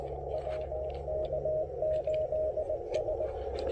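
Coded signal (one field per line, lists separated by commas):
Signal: Morse code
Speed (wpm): 19 wpm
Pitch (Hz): 600 Hz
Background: radio noise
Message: WK8S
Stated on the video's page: CW POTA activation at a historic site with Icom IC-703 Plus, QRP, on 20 and 17 meters.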